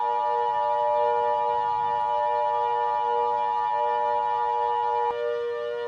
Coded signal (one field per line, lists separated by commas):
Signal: Emergency Alert System (SAME) tones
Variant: 853 and 960 Hz attention tone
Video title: EAS Scenario 8: Volcanic Nightmare Remastered